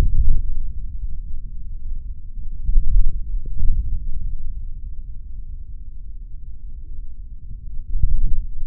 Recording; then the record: forearm muscle sounds (acoustic myography)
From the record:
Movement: forearm pronation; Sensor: system 3, bracelet of six PUI Audio POM-2738L microphones around the upper forearm, with dedicated amplification and filtering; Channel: 4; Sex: male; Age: 26 years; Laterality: right